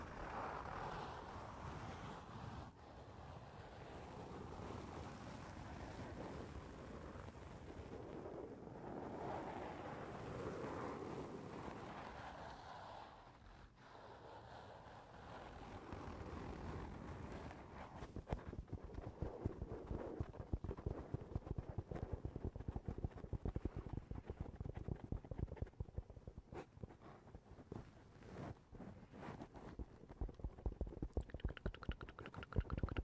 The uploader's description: tapping on the roof of your foam house